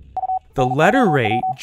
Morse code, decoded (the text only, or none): U NOW